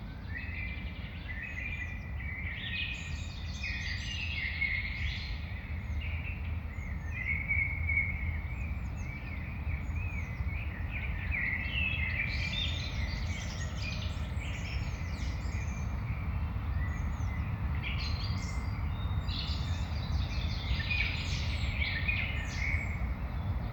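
Birds sing almost without pause in Keskusmetsä forest, several voices overlapping in quick, bright chirps and trills that come in clusters throughout. Underneath runs a steady, dense low rumble that never changes in level.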